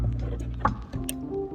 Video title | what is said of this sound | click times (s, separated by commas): Replacing the Hyundai Sonata Antenna Cover - Super Simple! | right there. You hear the click, and this one you can push | 0.6 s, 1.1 s